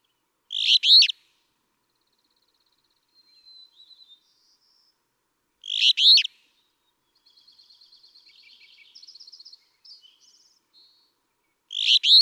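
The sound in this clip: Alder Flycatcher giving its rough, burry song phrase about every five to six seconds, three times in all, with soft trilled and buzzy notes in the gaps.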